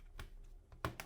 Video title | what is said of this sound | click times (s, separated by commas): Dell Inspiron 13 7000 (7370) - Upgrade Guide: Battery, SSD, Heat Sink & More! | Have it click a little bit, and then once you don't hear any more clicks, | 0.2 s, 0.9 s, 1.0 s